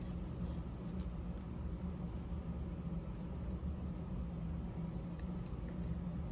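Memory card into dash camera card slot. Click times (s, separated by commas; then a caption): 5.5 s. A memory card is lined up and pushed into the card slot of a dash camera, where it fits only one way. Over a steady low rumble, faint ticks come at 1.4 and 5.2 seconds, then a sharp click at 5.5 seconds as the card latches and seats in the slot.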